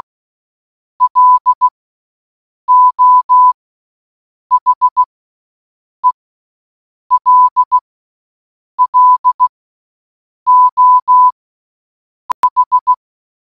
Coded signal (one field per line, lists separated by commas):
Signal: Morse code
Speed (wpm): 16 wpm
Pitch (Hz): 1000 Hz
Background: none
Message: LO HELLO H